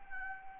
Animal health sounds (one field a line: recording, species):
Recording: mosquito wingbeat signal from an infrared sensor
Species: Anopheles gambiae